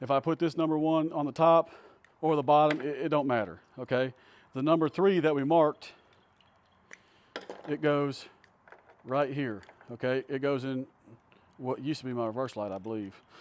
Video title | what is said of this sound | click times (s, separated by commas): Amp Up Your Vehicle: The Results of Installing Morimoto XB Tail Lights with Backup Light Boost Bar! | Clean enough for me. Boom. You heard it click. | 7.4 s